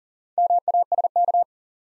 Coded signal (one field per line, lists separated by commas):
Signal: Morse code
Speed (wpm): 40 wpm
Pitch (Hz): 700 Hz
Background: none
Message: MASK